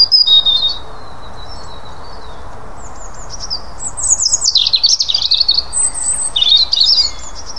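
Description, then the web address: European robin delivering short thin whistles, a pause, then a cascade of high notes dropping and rising in quick succession. "SETE data Erithacus rubecula"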